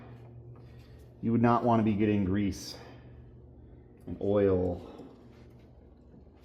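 A rear brake pad is being handled at the caliper bracket's abutment clips on a 2004 Chevrolet Silverado pickup truck while someone talks, with a faint tap at about 0.6 s. Nothing has seated or clicked yet; the pad has not gone home.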